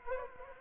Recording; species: mosquito wingbeat signal from an infrared sensor; Anopheles arabiensis